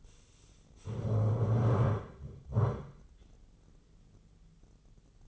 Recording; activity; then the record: daily activity, microphone in the room; stand up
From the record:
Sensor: 4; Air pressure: 996.8 hPa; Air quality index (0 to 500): 240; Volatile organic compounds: 336 ppm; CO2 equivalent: 4555 ppm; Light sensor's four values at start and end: 45/110/45/45 and 45/109/45/45